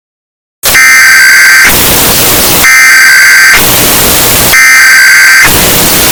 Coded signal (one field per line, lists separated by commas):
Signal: Emergency Alert System (SAME) tones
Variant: header bursts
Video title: City Vodka (Yabusubu,Republic of Max) EAS alarm